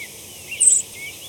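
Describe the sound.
Henslow's sparrow flight call, a single brief, very high-pitched thin note lasting about a fifth of a second, over a faint steady background hiss.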